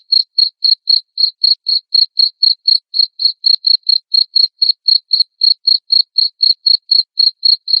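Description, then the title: Cricket chirping, loud high pulses repeated about four times a second in a steady unbroken run. Loud cricket chirping (ngerik) played to make lovebirds sing continuously (ngekek). "Suara JANGKRIK NGERIK Keras Bikin LOVEBIRD Jadi NGEKEK Terus Vubey"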